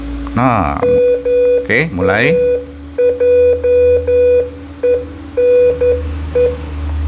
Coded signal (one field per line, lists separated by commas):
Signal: Morse code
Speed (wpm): 10 wpm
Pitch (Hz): 490 Hz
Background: speech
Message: MAJENE